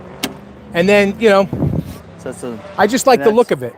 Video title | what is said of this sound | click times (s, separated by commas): Maverick Truck Club Day 2 Walkarounds | locks in place so to speak right | 0.2 s